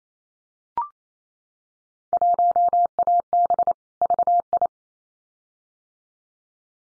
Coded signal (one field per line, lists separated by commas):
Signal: Morse code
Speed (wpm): 28 wpm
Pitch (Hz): 700 Hz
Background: none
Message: 1AB VI